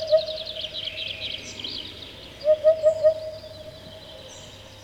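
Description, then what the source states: Eurasian hoopoe song: a single low hoot, then a quick run of four muffled hollow notes, while other birds sing high, thin phrases in the background. Muffled voice; rarely heard near Moscow but very common a little further south.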